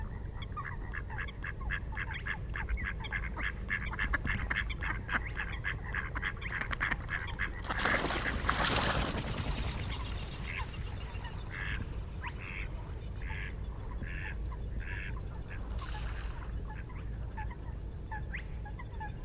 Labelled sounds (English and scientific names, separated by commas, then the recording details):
Spotted Crake (Porzana porzana)
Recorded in the wild
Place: Schwedt/Oder, Nationalpark Unteres Odertal, Brandenburg, DE
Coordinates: 53.1326, 14.3536
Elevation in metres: 1
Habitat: wetland
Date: 2015-04-23
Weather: clear, 4°C, almost windless
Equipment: Sound Devices 702, Sennheiser MKH 70, Rycote Windschutz
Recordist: Frommolt, Karl-Heinz